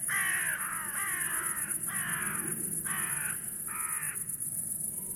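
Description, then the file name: Carrion crow giving harsh caws, a run of five to six rasping calls in about five seconds, steady high hiss in the background. "Corvus corone"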